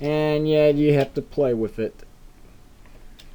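Someone talks while handling a plastic shoulder armor piece from the TF-Parallax TFX-01 "City Commander" Upgrade Set, fitting it onto an action figure's shoulder. After the talking stops, faint small ticks from the handling are heard around 2.9 s and 3.2 s over a quiet background. Nothing has seated or clicked yet; the armor is still being worked on and is not yet home.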